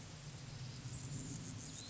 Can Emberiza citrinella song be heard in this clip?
no